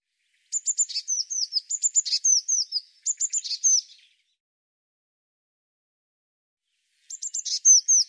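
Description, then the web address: Bird song: rapid high ticking notes followed by a chain of sweet downslurred whistles, one long phrase and then a second one starting after a pause. "cianscape birddata Deverinetal 2025 File cleaned normalized Bird Cy Ca"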